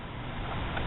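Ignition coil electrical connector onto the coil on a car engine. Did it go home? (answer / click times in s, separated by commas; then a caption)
no / none. On a 2012 Jeep Patriot engine, with the new spark plug and ignition coil installed, the plastic electrical connector is being handled to push back onto the ignition coil. A steady broadband rush runs throughout, with a brief louder burst near 0.8 seconds. The connector has not seated or clicked yet.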